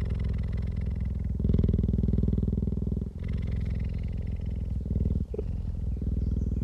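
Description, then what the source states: Cheetah purr, a low rattling drone of fast pulses, steady throughout with slight swells in loudness and short dips near three and five seconds. Adult cheetah.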